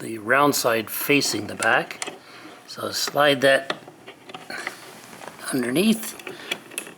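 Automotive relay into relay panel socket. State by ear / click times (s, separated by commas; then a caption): seated / 6.8 s. An automotive relay is slid from underneath onto its socket in a fuse/relay panel and pushed up until it snaps on. Someone talks, then brief plastic clicks and scrapes follow as the relay is positioned. A sharp snap at 6.8 s marks the relay seating in the socket.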